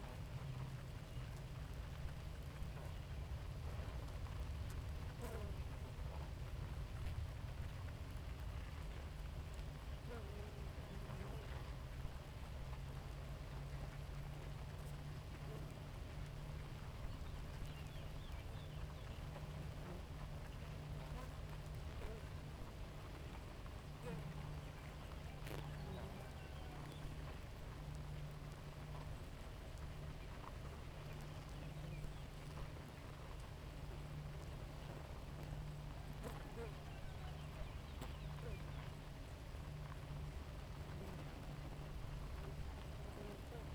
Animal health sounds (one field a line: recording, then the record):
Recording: honeybee colony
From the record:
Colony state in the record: active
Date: 28 July 2017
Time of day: 4:19